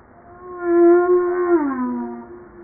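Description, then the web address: Humpback whale song unit, a long tonal moan with rich harmonics holding steady then gliding downward, over faint underwater hiss. Recorded 5 March 1994 at 09:52. "pub JASA 2013 Blue Bowhead Fin Humpback Southern Right Whale humpback-01 940305-0952"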